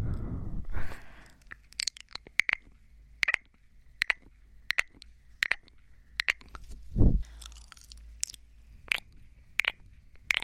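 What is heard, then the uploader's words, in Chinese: Wet mouth sounds, popping "bobo" clicks and pecking lip sounds, come in sharp bursts about every half second to second across the clip. A soft thump opens the clip, and a louder low thud lands near seven seconds. 啵啵bobo&嘴巴啄耳&口腔音。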